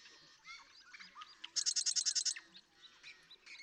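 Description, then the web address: Marsh Wren song: scratchy warm-up notes, then a quick pulsing rattle of about ten beats, followed by softer chatter. "birdsongforthecurious Marsh Wren"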